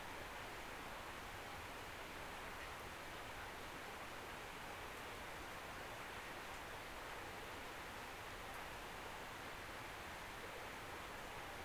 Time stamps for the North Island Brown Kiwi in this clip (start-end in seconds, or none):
none